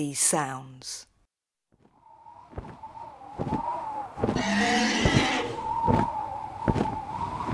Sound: fx: blustery wind / dragon wings / breathing fire / dank cave